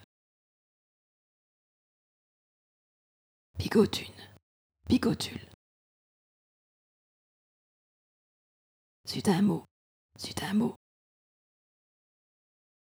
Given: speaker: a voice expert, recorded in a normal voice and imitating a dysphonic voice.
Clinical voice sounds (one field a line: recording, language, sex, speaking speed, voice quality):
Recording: pseudo-word pairs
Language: French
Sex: female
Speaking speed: fast speed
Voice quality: dysphonic voice